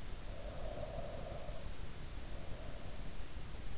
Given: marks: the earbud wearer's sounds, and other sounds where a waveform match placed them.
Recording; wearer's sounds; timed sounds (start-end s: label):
sounds in sleep by an in-ear microphone; breath
0.44-3.07 s: breath